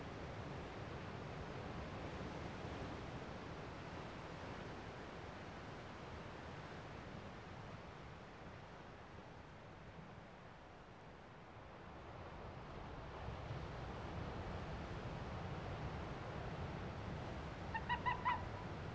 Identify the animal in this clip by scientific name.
Vulpes lagopus